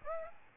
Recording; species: mosquito wingbeat signal from an infrared sensor; Aedes albopictus